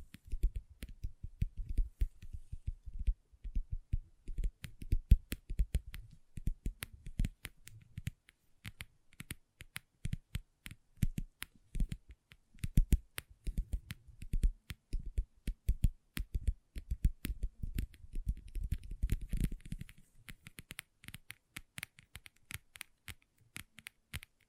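Long nails tap and scratch on a table in quick, crisp clicks, dense and irregular, with clustered bursts throughout. Some taps carry a low thud beneath the bright clicking, and softer scraping fills the gaps, thinning slightly after about twenty seconds.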